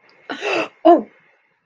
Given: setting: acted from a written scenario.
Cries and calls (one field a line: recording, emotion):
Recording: vocal sound without words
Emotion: negative surprise